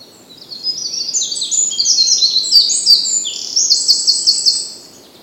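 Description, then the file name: Eurasian wren song: a loud, fast stream of high twittering notes running about four seconds and ending in a steady rattling trill. "Troglodytes troglodytes"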